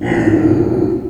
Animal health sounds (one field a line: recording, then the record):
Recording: squeal of a Yucatan mini pig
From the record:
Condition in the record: before surgery on the right vocal fold (resection and tissue-engineered implant)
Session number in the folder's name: 1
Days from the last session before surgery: -21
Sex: female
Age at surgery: 19 weeks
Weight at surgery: 25 kg